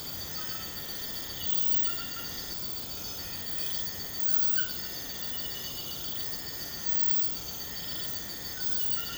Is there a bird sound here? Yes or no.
no